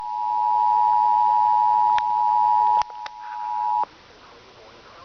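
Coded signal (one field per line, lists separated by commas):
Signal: Emergency Alert System (SAME) tones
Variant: 853 and 960 Hz attention tone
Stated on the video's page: Tornado Warning relayed over WAHC.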